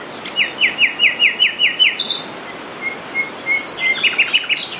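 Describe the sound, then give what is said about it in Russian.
A common nightingale sings alone: a rapid series of about nine sharp, rhythmic high notes, then a pause and varied whistles and fluttering trills, bright and clear over a soft background hiss. “Еще я видел и слышал многожды южного соловья.”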